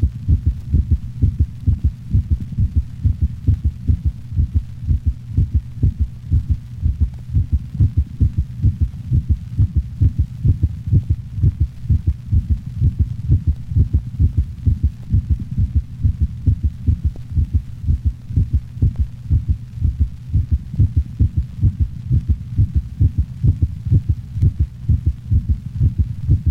Low frequency split first heart sound of a normal large dog. This occurs normally in the larger breeds of dogs.